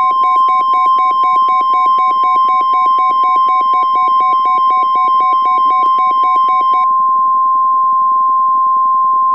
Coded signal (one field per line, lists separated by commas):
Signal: Emergency Alert System (SAME) tones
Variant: 1050 Hz attention tone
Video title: Black Sunday Dust Storm (EAS Scenario)